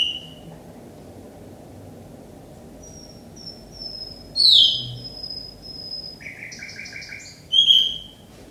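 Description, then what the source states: Nightingale song, a sparse sequence of drawn-out whistles and sudden loud buzzy, chattering bursts separated by short pauses. Described as a duet involving Ludwig.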